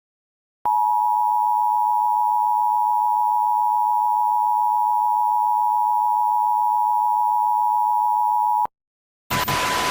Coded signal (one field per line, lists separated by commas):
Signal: Emergency Alert System (SAME) tones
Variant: 853 and 960 Hz attention tone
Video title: EAS Scenario: The Berserk Hijacking of Washington State